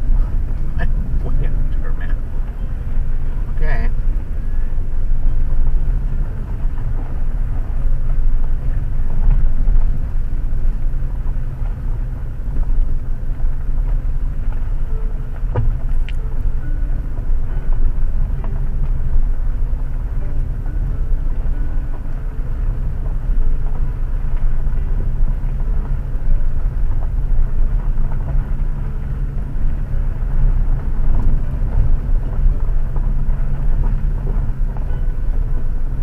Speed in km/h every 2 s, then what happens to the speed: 15, 16, 16, 16, 15, 17, 17, 17, 17, 17, 17, 15, 17, 15, 16, 16, 14, 15.
0-36 steady at about 16.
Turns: none.